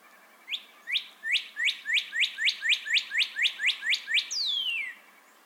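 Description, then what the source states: Northern cardinal song: a dozen or so quick notes in a steady run, ending with a long slurred note descending in pitch. Entire singing bout.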